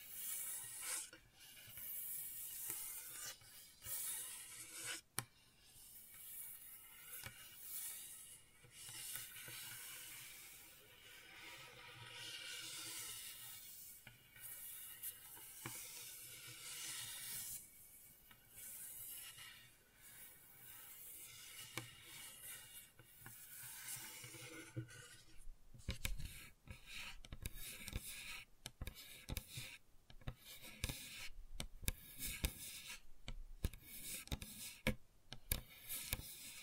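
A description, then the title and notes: Gentle scratching, a soft, airy hiss broken by quick strokes and small taps. After about 26 seconds the sound turns choppier, with sharper clicks and a faint low rumble underneath. ASMR Gentle Scratching You Will Fall Asleep To (No Talking).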